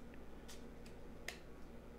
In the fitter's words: snaps right in